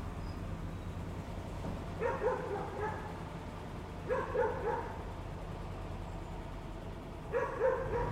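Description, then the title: Dogs barking in short harmonic bursts, clustered near two, four and seven seconds, over a steady low rumble. More than one dog. "perros"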